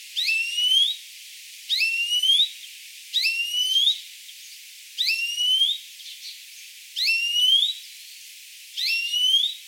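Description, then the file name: European greenfinch repeating a rising nasal wheeze about every one and a half seconds, six calls in steady series. "Chloris chloris"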